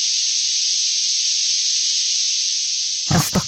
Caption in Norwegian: Det er sånn som du bruker til med for å kurere tinnitus også. Ja, så du kan maskere, for dette er en hvit støy. Den er så jevn, at det ikke er noe, det er ikke noe rytme.